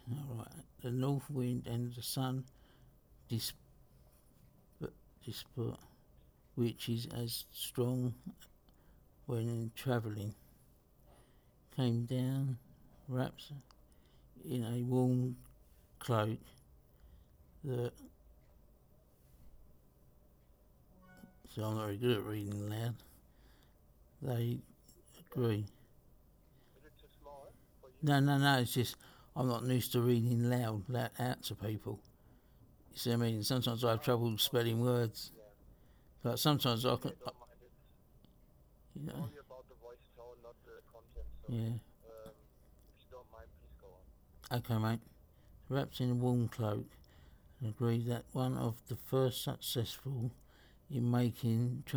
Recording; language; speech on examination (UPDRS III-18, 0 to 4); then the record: text read into a phone; English; 2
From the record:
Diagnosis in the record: Parkinson's disease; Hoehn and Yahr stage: 3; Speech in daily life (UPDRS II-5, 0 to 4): 1